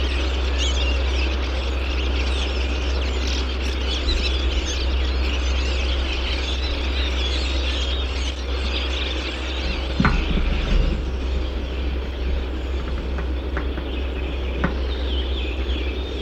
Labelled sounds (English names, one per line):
Redwing song